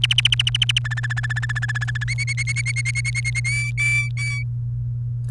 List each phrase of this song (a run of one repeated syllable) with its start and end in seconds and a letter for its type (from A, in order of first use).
0.00-0.79 A, 0.84-2.04 B, 2.08-3.40 C, 3.44-4.43 D